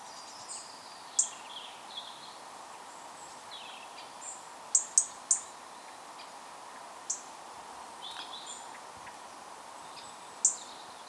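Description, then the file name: European robin gives sharp high ticks, mostly single and once in a quick triple, scattered throughout, with faint soft chirps and background hiss. "Erithacus rubecula"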